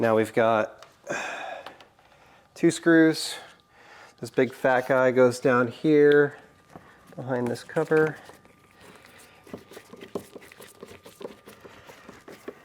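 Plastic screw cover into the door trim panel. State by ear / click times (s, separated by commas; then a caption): not seated / none. Someone talks while working on the door trim panel of a 2004–2009 Mazda 3 during a power window repair, handling the small plastic cover that goes over the panel screw. After the talking, light crinkling, rustling and a few small taps are heard as the cover is handled. The clip ends before the cover goes home, and nothing has seated or clicked yet.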